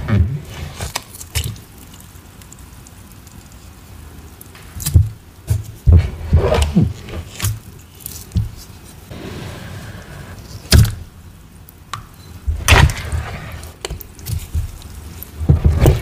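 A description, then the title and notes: Cornstarch being handled and squeezed, giving short crunchy squeaks and soft thuds that come in irregular bursts, with clusters near the start, around five to seven seconds, and again near eleven and thirteen seconds. A low, steady hum fills the quieter gaps. Cornstarch Squeaks.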